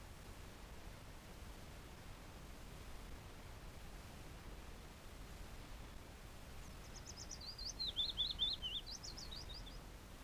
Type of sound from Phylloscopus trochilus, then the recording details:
song. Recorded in the wild. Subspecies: trochilus. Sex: male. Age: adult. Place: Spitzberg, Tübingen, Baden-Württemberg, DE. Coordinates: 48.5167, 9.01667. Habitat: pine stand. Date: 1961-05-22. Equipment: Reflektor, Scotch-Band. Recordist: FAB. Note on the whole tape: Ph.tr.trochilus. Testaufnahmen mit Reflektor. Gewöhnliche Gesänge